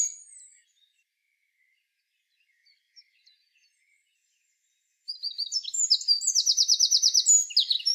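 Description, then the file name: Eurasian wren song: a brief soft note, several seconds of near silence with faint ticks, then an abrupt, loud burst of high, rapid notes and buzzy trills. "Troglodytes troglodytes"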